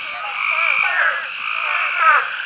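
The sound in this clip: Hurter's spadefoot calls, overlapping buzzy bleats with wavering tones, forming a dense, continuous chorus of several callers.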